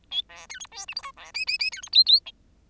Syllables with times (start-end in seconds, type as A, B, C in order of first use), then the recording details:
0.11-0.22 A, 0.29-0.47 B, 0.49-0.59 C, 0.60-0.67 D, 0.71-0.86 E, 0.88-0.94 F, 0.96-1.02 G, 1.02-1.12 H, 1.17-1.31 B, 1.34-1.45 I, 1.47-1.58 I, 1.59-1.70 I, 1.72-1.81 C, 1.82-1.89 D, 1.92-2.04 J, 2.06-2.20 J, 2.25-2.31 A. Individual Bird10